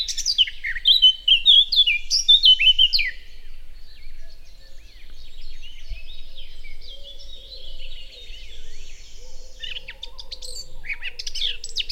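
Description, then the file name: Eurasian blackcap opens with loud, clear fluty whistled phrases, then continues with quieter scratchy warbling, and a final short lively burst at the end. "Sylvia atricapilla"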